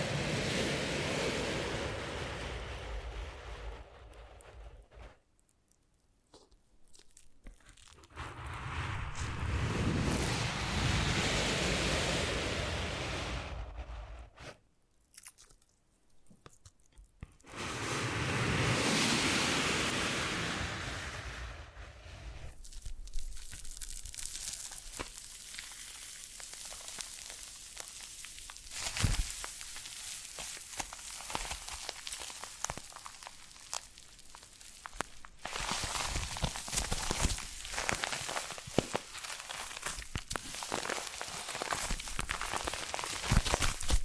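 Foam being massaged, heard as soft hissing swells that rise and fade in the first twenty seconds, broken by short quiet gaps near 6 and 15 seconds. After that it turns into a steady, dense crackle with fine popping and occasional sharper clicks.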